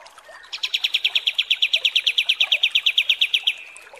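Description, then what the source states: Pied triller: a single steady trill of many crisp repeated notes lasting about three seconds. Masteran (song-training) recording of kapas tembak song, described as mewah.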